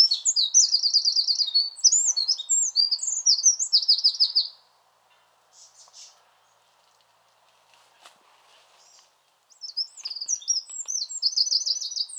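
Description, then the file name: Two bursts of Eurasian wren song separated by a quiet gap of several seconds, each a rapid run of shrill warbles and fast trills. "Troglodytes troglodytes"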